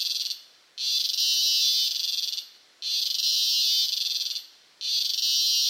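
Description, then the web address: Cicada producing a shrill, rasping drone in long pulses with brief silent gaps between them, the pattern recurring about every two seconds. Close-up, Costa Rica. "Big Room Sound Insect Ciccada CU Costa Rica"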